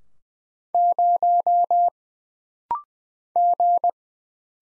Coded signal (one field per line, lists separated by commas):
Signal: Morse code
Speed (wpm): 20 wpm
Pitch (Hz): 700 Hz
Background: none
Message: 0 G